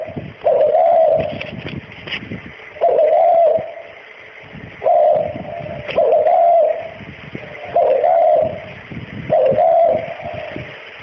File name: tieng chiem cu gay